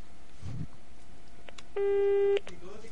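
A telephone busy signal sounds as one steady, buzzy electronic tone lasting just over half a second, preceded by a few faint clicks and low rumbles over quiet line hiss.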